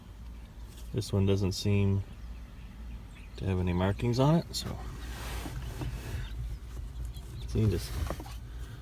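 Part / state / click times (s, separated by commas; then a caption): cabin air filter into the HVAC filter housing / not seated / none. Someone talks while lining up a new cabin air filter, which has no top or bottom markings, at the HVAC filter housing of a Tacoma before pushing it in. Only faint handling sounds are heard under the voice, including a brief soft tap near 7.1 s. Nothing has seated or clicked yet.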